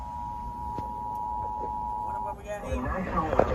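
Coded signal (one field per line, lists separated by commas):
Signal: Emergency Alert System (SAME) tones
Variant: 853 and 960 Hz attention tone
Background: speech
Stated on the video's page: Severe thunderstorm warning relayed on an FM broadcast station.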